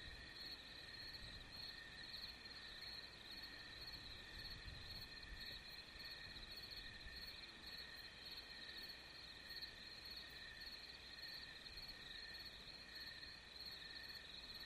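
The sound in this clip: Crickets give a constant high trill over a soft low rumble that swells briefly early on.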